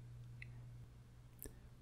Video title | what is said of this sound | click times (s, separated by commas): Porsche 911 997 Oil Change Step by Step | turn the wrench until you hear the click | 0.4 s, 1.4 s